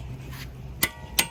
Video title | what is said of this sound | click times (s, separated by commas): CHEVROLET VOLT CLICKING SOUND PROPER FIX - DIY | So we heard that click. That means it's at 111 pounds. | 1.2 s